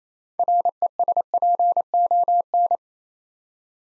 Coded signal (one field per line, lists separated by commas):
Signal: Morse code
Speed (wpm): 27 wpm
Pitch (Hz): 700 Hz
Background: none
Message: RESPON